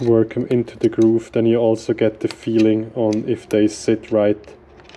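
A metal retaining clip is being worked by hand into its groove on a shaft or gear of an Aprilia RS 125 Rotax 122 engine, on the gearbox or clutch side. Someone talks over most of the clip, and a few faint, quick ticks of handling come near the end. Nothing has seated or clicked yet; the clip is still being handled.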